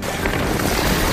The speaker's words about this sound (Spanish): Y este es el ruido de las olas en el Guadiana. La crecida de este río obligó anoche a desalojar a unos 1.000 vecinos de tres pedanías de Badajoz.